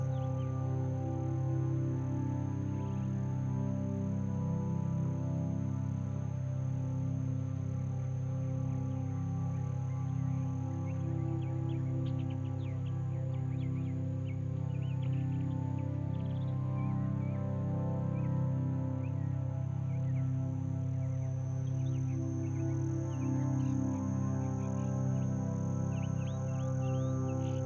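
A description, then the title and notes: Slow ambient music holds a steady, warm drone of layered low tones that barely changes for the whole stretch. Small bird chirps flicker lightly above it throughout, busier in the second half, with a faint high hiss in the background. Calming Ambient Music with Bird Sounds.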